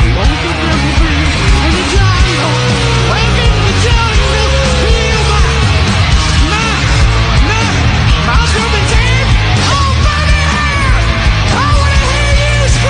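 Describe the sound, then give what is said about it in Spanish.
A crowd of people yells and cheers together in a loud, sustained roar, with many overlapping voices rising and falling in pitch over a dense, continuous wash of noise. “Pero mira, le pedí a la gente que grite.”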